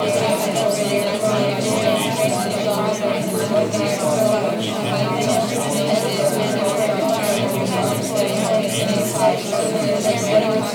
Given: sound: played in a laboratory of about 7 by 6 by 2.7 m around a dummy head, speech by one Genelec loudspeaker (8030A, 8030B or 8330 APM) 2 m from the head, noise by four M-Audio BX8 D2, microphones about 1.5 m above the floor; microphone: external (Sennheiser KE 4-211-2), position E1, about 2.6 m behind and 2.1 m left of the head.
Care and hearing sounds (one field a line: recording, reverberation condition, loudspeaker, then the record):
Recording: babble noise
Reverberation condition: medium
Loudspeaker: four, about 170 cm from the corners of the room and facing them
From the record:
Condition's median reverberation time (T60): about 510 ms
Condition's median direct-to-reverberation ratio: about -0.5 dB